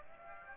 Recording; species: mosquito wingbeat signal from an infrared sensor; Aedes aegypti